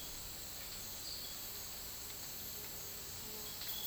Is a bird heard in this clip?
no